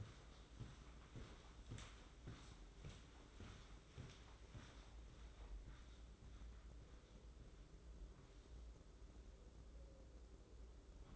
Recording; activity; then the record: daily activity, microphone in the room; walk to room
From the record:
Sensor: 3